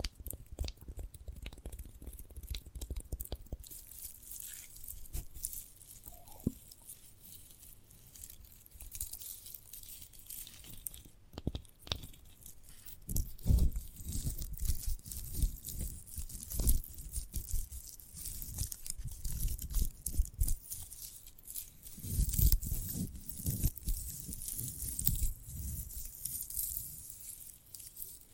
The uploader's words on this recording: ASMR of a Sprouted Coconut (No Talking).